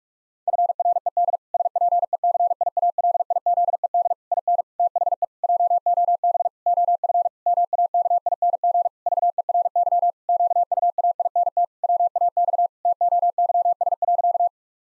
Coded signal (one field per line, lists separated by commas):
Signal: Morse code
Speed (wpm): 46 wpm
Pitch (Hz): 700 Hz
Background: none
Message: FRED SPECIALIZED IN THE JOB OF MAKING VERY QUAINT WAX TOYS.